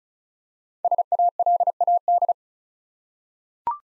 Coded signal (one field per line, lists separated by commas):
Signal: Morse code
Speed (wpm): 34 wpm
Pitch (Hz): 700 Hz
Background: none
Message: SALAD